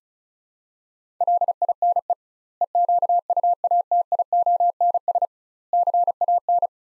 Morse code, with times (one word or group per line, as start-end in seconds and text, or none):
1.2-2.1 LINE
2.6-5.3 EQUATIONS
5.7-6.7 CAN